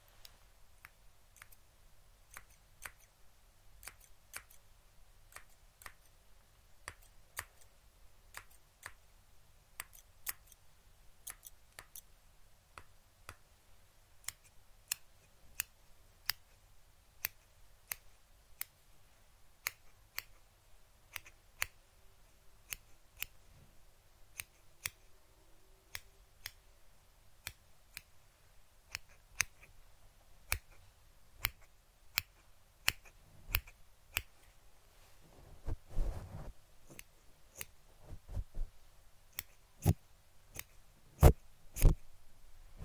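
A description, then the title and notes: Triggers on a fluffy mic: crisp, sharp clicks and snips land every second or so across the whole stretch, like scissors or fingertip taps. A soft low rumble sits underneath, and around thirty-six seconds a brief heavier brushing swell appears before the clicks grow louder toward the end. Fluffy Mic TRIGGERS. No Talking.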